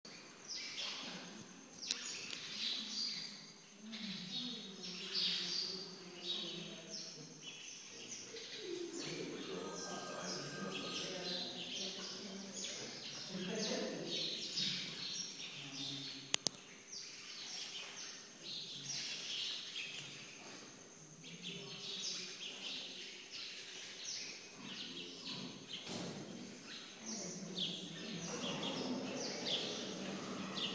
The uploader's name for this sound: Birds, people, cell phone at Botanischer Garten und Botanisches Museum